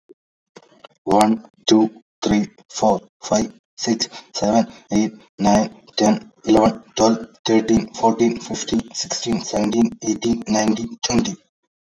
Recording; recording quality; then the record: counting at a normal pace; excellent, no background noise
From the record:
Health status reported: exposed to COVID-19, no respiratory illness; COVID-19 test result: not tested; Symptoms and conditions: cough, cold, sore throat, fever, muscle pain, diarrhoea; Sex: male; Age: 29 years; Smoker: not ticked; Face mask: not worn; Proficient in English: yes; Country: India